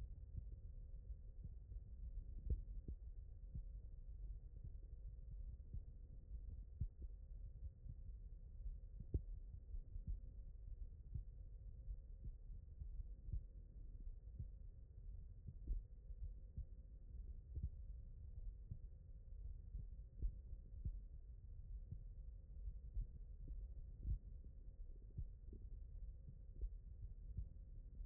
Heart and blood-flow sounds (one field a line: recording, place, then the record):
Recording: heart sounds by stethoscope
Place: mitral valve (MV)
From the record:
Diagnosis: non-HFrEF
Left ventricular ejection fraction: 63%